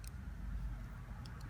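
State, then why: Seated. A raised part of a rebuilt vape coil head is pressed down by hand into the atomizer base and snaps into place with a sharp click at 0.1 s. A second, similar short click follows at 1.3 s over a low, steady background rumble. The part is seated.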